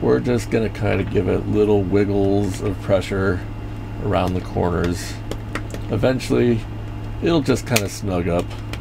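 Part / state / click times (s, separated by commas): camera internal assembly into its plastic housing / not seated / none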